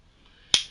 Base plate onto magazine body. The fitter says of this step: slide back over and locks back into place